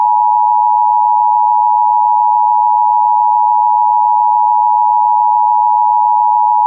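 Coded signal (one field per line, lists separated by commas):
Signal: Emergency Alert System (SAME) tones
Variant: 853 and 960 Hz attention tone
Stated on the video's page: Mock EAS monthly test.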